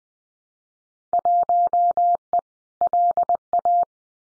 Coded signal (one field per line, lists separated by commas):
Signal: Morse code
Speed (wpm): 19 wpm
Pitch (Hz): 700 Hz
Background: none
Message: 1E LA